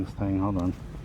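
A 2010 Nissan Versa hatchback's left-hand tail light assembly is handled by its rear body mounting while someone talks. Nothing has seated or clicked yet.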